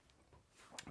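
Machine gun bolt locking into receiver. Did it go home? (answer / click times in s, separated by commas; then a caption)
yes / 0.8 s. The action of a Madsen LMG machine gun is cycled slowly by hand: as the cartridge is chambered, a part pops down and the bolt rises into the receiver. After a faint tick near 0.1 s, a small, sharp metallic hit lands at 0.8 s. The bolt is now locked in position.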